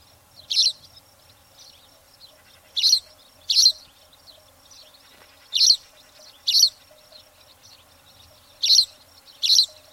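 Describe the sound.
Spanish sparrow calls, sharp chirps mostly in pairs, spaced irregularly throughout with quiet gaps between.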